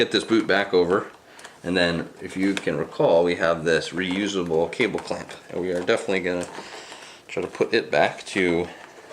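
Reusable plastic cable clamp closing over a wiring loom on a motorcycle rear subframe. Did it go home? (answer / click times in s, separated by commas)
no / none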